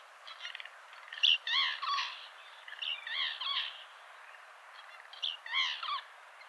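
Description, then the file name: Eurasian jay giving harsh, rasping calls in short bursts, a few notes each, with quiet gaps between groups; no other clear sounds. "Garrulus glandarius"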